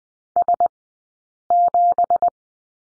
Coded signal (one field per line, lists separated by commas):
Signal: Morse code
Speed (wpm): 20 wpm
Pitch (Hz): 700 Hz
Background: none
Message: S7